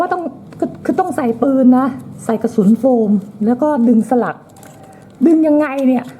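Someone talks while handling the cocking slide of a plastic toy dart shooter loaded with a foam dart, with a few short, sharp handling sounds near 0.1, 0.5, 0.6 and 0.9 seconds. The slide has not locked: nothing has seated or clicked yet.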